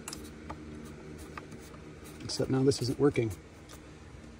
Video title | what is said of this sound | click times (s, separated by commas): Toyota 4runner 16 inch Tesla Style Head Unit by Phoenix Automotive, Installation, Android, Carplay | and it clicks right in | 0.1 s